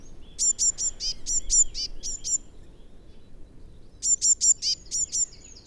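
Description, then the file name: Eurasian blue tit uttering two bright bursts of rapid, high, ticking notes, each one to two seconds long, separated by a pause of nearly two seconds in quiet surroundings. "Cyanistes caeruleus"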